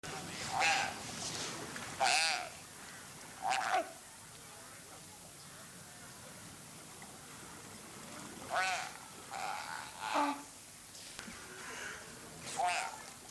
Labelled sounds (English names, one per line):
Brown Fur Seal call